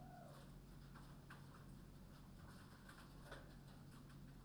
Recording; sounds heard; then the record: poultry house recording; healthy chickens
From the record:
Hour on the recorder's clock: 22